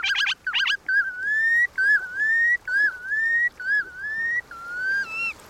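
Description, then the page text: Red Knot calls, a few harsh rapid notes at first, then a run of slurred, slightly rising whistles repeated almost every second. Migrating shorebird flying up to 9,000 miles between Arctic tundra and Tierra del Fuego; stops over at Delaware Bay, eating horseshoe crab eggs; populations low but stable since 2011. "Red Knot Migration: A Race Against Time (Bird Note. Chirp Nature Center"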